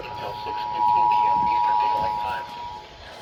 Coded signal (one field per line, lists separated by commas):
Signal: Emergency Alert System (SAME) tones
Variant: 853 and 960 Hz attention tone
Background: speech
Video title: WTF was that ffw issuance? EAS Alerts from 7/10/2026 (EAS 565-580)